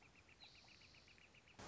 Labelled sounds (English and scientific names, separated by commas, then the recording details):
Northern Flicker (Colaptes auratus)
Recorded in Sonoma County, California